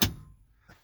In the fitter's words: that locks into place.